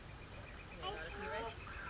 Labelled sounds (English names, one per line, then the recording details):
Northern Flicker
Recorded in Sonoma County, California